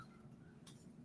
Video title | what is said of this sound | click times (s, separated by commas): Ep 50 - Make Low Carb and Diabetes Friendly Ice Cream with Keto Chow - NINJA CREAMi | you heard that little click | 0.7 s